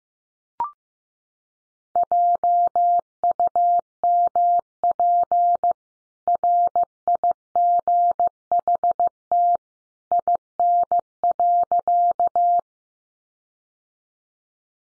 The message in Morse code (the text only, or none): JUMP RIGHT IN.